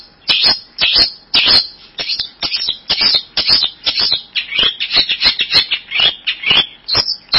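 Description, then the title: Bird chirping in harsh, scratchy bursts and rapid high notes, closely packed with only short breaks. "burung online"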